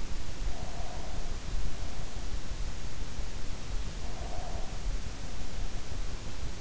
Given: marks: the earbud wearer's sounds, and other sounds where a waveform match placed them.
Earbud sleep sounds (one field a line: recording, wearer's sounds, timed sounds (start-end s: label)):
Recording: sounds in sleep by an in-ear microphone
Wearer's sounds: breath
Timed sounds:
0.40-2.38 s: breath
3.97-4.92 s: breath